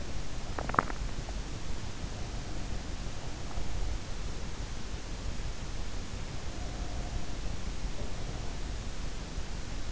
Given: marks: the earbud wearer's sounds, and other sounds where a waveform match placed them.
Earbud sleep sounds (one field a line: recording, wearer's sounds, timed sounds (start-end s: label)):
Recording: sounds in sleep by an in-ear microphone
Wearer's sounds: swallowing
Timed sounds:
0.00-1.42 s: swallowing